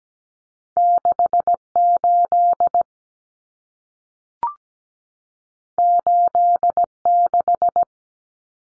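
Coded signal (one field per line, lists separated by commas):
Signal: Morse code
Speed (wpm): 17 wpm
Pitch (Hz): 700 Hz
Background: none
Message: 68 86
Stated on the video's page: Common cut numbers sent at 17 wpm for head-copy practice, each two-digit number sent in Morse, spoken, then sent again.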